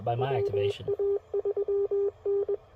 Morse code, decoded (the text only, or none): WA3N